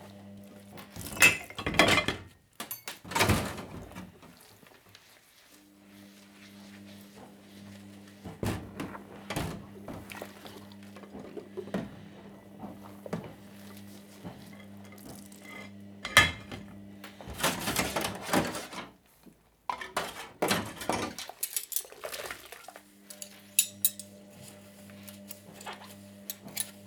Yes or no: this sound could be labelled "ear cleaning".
no